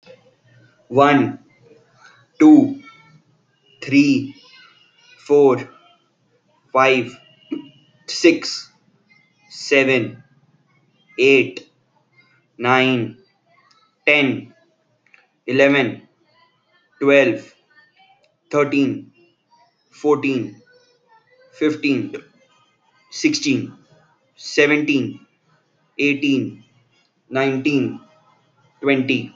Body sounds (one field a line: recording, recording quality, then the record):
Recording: counting at a normal pace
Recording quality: excellent, no background noise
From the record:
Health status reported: healthy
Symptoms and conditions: none ticked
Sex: male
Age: 21 years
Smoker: not ticked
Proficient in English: yes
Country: India